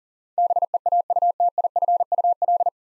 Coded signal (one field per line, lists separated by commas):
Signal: Morse code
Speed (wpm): 41 wpm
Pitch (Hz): 700 Hz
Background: none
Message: BEAUTIFUL